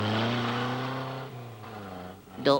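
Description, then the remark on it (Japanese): A car that came out of a capsule in the Dragon Ball anime drones with a steady, low, buzzing engine hum that sags slightly in pitch as it runs, then ends in a short, bright burst of sound. “は、く、車だ。”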